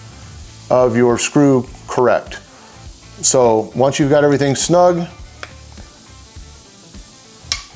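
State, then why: Torque reached. A T10 Torx torque driver tightens a red dot optic mounting screw into a pistol slide plate while someone talks, followed by a quiet stretch with a small tick at about 5.4 s. The driver's clutch gives a sharp click at 7.5 s, showing the screw has reached its set torque.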